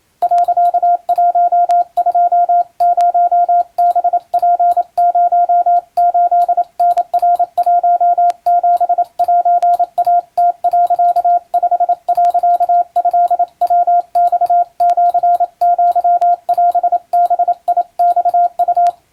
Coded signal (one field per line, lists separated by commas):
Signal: Morse code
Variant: Japanese Wabun code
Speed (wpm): 27 wpm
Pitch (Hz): 700 Hz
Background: radio noise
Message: 、120ハツ08タナ17セイム、5、トヤマシアオバマウ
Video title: 和文モールス信号！モールス符号にも日本語と英語があります。懐かしい和文電報です。アマチュア無線の受信練習に！YouTubeの再生速度を設定して聞こう wabun morse code practice